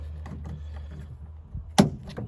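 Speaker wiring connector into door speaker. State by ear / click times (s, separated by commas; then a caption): seated / 1.8 s. A speaker wiring connector is plugged into the door speaker of a 2007–2021 Toyota Tundra / Sequoia while the door panel is being reinstalled. Over a low steady hum, faint handling ticks come at 0.3 s and 0.8 s, then a sharp click at 1.8 s as the connector latches, followed by a softer tick at 2.2 s. The plug is seated.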